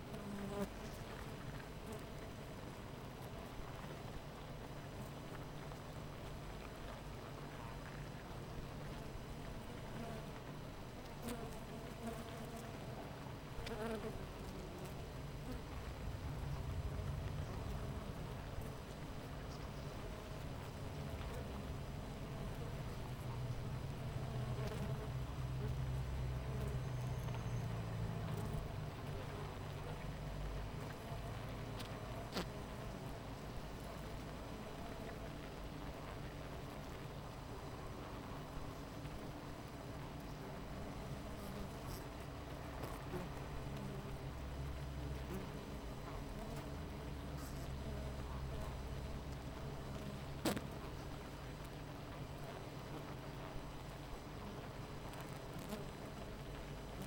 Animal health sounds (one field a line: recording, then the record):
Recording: honeybee colony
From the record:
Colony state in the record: missing queen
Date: 14 July 2017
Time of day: 8:24